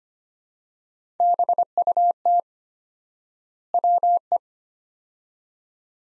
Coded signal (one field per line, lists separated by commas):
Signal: Morse code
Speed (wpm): 25 wpm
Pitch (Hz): 700 Hz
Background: none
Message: BUT WE